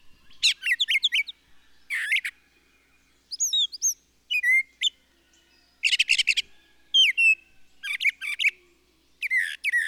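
Bird song mixing buzzy trilled bursts with clear rising and falling whistled notes, phrases coming every second or so over a quiet background.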